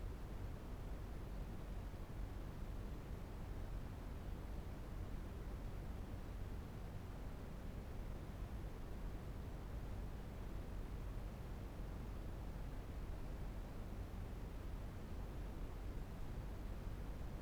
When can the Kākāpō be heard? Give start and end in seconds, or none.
none